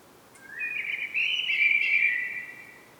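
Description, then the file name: Common blackbird giving one sustained, smoothly warbled fluting phrase lasting about two seconds, rising slightly and fading out. "Turdus merula"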